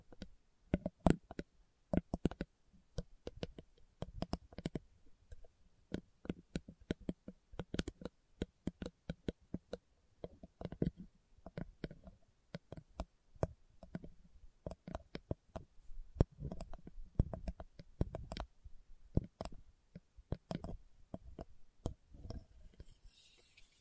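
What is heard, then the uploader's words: Slow tapping, a run of sharp, crisp knocks with short silences between them. The taps come a few per second at an uneven pace, some with a dull low body, others lighter and clickier, continuing steadily throughout. ASMR Slow Tapping for Deep Sleep (No Talking).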